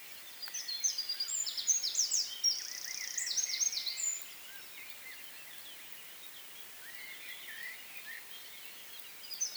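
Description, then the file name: Eurasian wren singing a fast burst of high, shrill notes and rattling trills for a few seconds, then near silence with faint background noise. "Troglodytes troglodytes"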